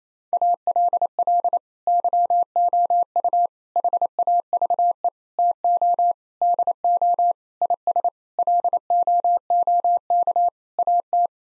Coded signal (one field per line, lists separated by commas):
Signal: Morse code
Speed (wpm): 27 wpm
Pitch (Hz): 700 Hz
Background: none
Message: ALL YOU HAVE TO DO IS LOOK AT